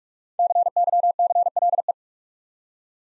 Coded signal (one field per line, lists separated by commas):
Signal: Morse code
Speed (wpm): 45 wpm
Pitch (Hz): 700 Hz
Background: none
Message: CYCLE